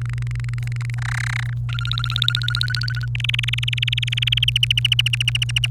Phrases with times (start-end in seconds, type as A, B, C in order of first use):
0.01-0.94 A, 0.98-1.53 B, 1.69-3.06 C, 3.15-4.50 D, 4.56-5.66 E